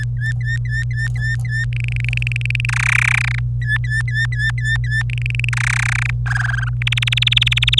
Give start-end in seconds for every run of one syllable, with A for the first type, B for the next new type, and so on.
0.17-1.66 A, 1.73-2.65 B, 2.69-3.39 C, 3.62-5.03 A, 5.10-5.49 B, 5.53-6.10 C, 6.26-6.69 D, 6.82-7.80 E